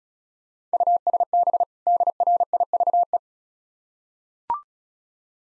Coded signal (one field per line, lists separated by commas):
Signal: Morse code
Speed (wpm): 35 wpm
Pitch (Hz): 700 Hz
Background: none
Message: USB DRIVE